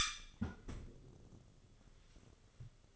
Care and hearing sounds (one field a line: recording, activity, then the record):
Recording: daily activity, microphone in the room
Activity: close fridge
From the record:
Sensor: 4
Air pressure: 1008.6 hPa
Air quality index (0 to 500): 73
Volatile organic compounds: 1 ppm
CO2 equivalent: 628 ppm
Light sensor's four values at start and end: 15/35/14/14 and 16/36/15/15